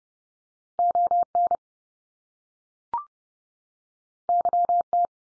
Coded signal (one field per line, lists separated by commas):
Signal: Morse code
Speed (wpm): 30 wpm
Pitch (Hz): 700 Hz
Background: none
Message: ON YT